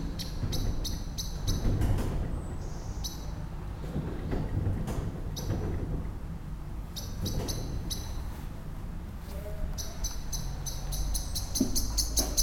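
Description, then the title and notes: Common blackbird scolding in bursts of fast metallic chinks, broken by pauses, over a constant low rumble. Excited scolding while flying from tree to tree; Lütticher Straße, Cologne; morning. "cologne, lütticherstrasse, amsel. amsel aufgeregt schimpfend fliegt von baum zu baum, im hintergrund fahrradfahrer und fussgänger auf dem bürgersteig, morgens. soundmap nrw"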